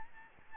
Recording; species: mosquito wingbeat signal from an infrared sensor; Aedes albopictus